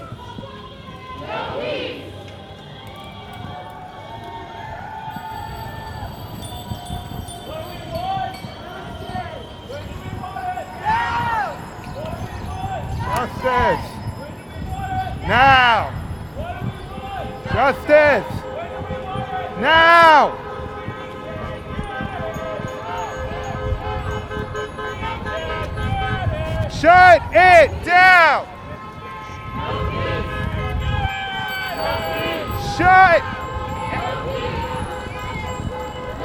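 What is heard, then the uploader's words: A bike protest rolls through the street: steady traffic rumble and voices, punctuated by bright bell rings and chirps, clustering around 15–20 and 27–28 seconds. Black Lives Matter bike protest, Brooklyn and Manhattan, NY. The protest started in Grand Army Plaza, moved through Flatbush and Atlantic Avenue, car traffic on the Brooklyn Bridge, through lower Manhattan, Tribeca, SoHo and NoHo, Washington Square Park, car traffic on the Williamsburg bridge, and ending in Domino Park.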